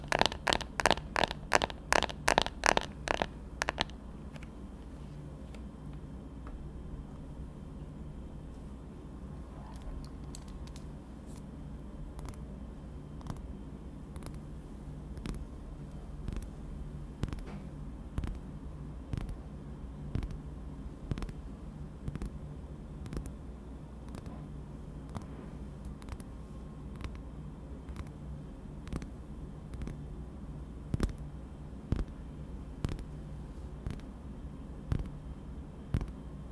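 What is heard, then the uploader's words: Tapping on dark objects opens with a quick, even burst of sharp taps for the first four seconds. After that the taps turn sparse and irregular, single clicks and small clusters spread through the rest, over a steady low hum. ASMR TAPPING on Dark things 黒いものにタッピング.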